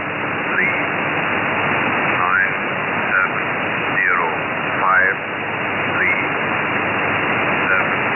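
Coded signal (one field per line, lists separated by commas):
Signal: numbers station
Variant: E06, English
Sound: short, evenly spaced, word-like voiced bursts, roughly one per second, buried in loud hiss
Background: radio static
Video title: E06 English Man 06/05/2023 1330 UTC 11128kHz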